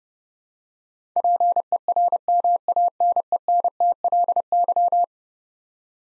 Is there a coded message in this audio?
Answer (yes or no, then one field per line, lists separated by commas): yes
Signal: Morse code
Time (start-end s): 1.2-5.0 s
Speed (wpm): 30 wpm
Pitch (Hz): 700 Hz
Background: none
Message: PERMANENTLY